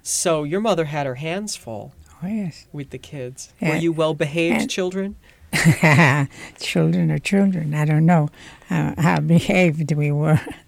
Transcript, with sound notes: So your mother had her hands full.
Oh, yes.
With the kids. Were you well-behaved children?
( she laughs ) Children are children. I don't know how behaved we were.